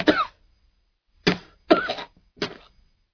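An adult gives four short, painful coughs, spaced across about three seconds.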